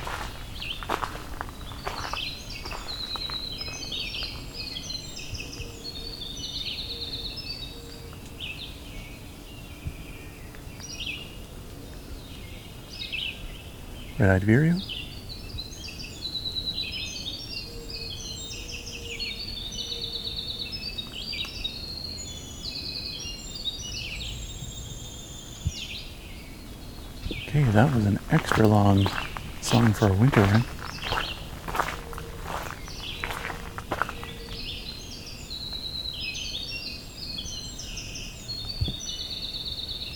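At Valens Lake in June, dense high bird chatter runs throughout, broken by low thumping knocks near 14 seconds and again around 28–31 seconds.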